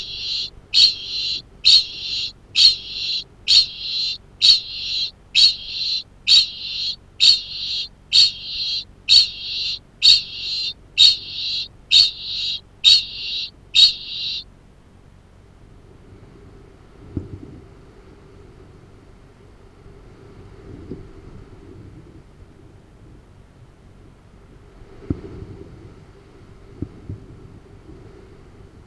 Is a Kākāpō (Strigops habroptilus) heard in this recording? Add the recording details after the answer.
yes. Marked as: faintness 1/5. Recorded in New Zealand. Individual Arab